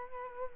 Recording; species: mosquito wingbeat signal from an infrared sensor; Culex quinquefasciatus